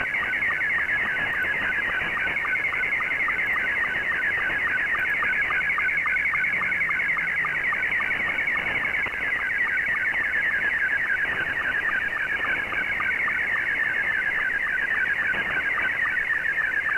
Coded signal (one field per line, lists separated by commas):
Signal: SSTV (slow-scan television)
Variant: Scottie 2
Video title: Recap of Pirate Radio Activity Friday 9 September 2022